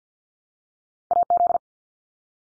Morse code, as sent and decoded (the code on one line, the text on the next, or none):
.- --..
AZ